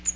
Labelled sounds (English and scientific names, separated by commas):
Magnolia Warbler (Setophaga magnolia) flight call